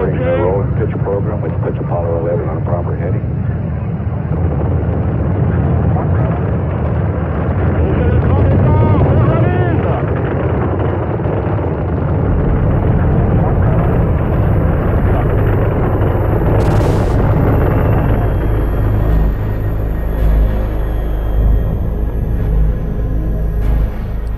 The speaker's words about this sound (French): Dans un vacarme assourdissant, près de 38 000 kilos de combustible brûlent dans un tourbillon de flammes et arrachent du sol l'incroyable Saturne V